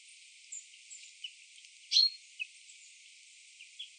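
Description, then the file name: Common chaffinch giving one loud, sharp metallic call midway, surrounded by a few soft, thin chirps and a quiet hissing background. "Fringilla coelebs"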